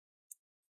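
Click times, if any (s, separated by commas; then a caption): 0.3 s. A guitar pick used as an opening tool is wedged between the plastic bottom cover and the palm rest of a Lenovo IdeaPad 3 15IIL05 (81WE) laptop and twisted around the edge to unsnap the cover's retaining clips. A sharp, bright click is heard at 0.3 s, followed by a faint tick near 0.6 s. The clip pops open and the cover releases from the palm rest.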